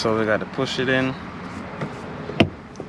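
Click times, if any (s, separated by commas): 2.4 s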